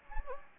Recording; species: mosquito wingbeat signal from an infrared sensor; Anopheles gambiae